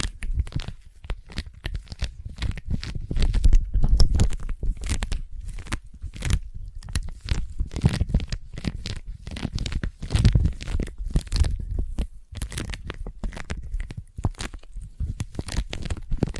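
Sticky tapping sounds come in dense, fast bursts of crackly, peeling clicks and taps, with short gaps between. Each tap is sharp and bright over a low thumping base. The pace stays busy throughout with slight swells in loudness around four and eight seconds.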